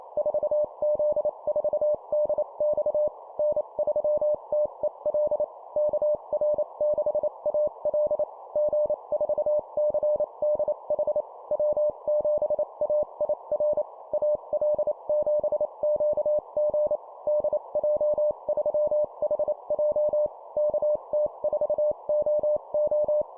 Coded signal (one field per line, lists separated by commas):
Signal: Morse code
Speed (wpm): 28 wpm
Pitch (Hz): 600 Hz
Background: none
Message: 4Z4DX N3TEL KR6AL G4CDH W7AIR AL7QG DJ3HJ KT4OO